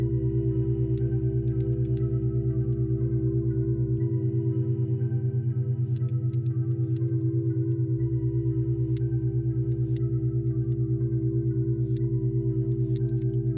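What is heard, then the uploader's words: Binaural beats: a steady drone of stacked low tones with a gentle, regular pulsing throbbing through it. The deepest bass layer shifts every four seconds or so, while faint scattered ticks and glints flicker higher up. Loudness stays even throughout. 90 minutes of Binaural Beats Meditation Frequencies and Tones adjusted to the psilocybin microdoser.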